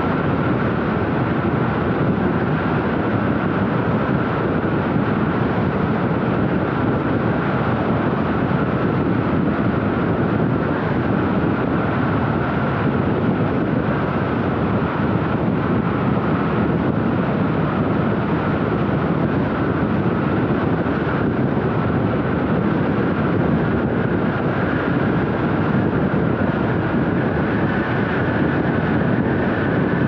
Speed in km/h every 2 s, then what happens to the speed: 105, 105, 104, 104, 104, 103, 102, 101, 101, 103, 104, 106, 108, 108, 108.
0-30 steady at about 104.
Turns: none.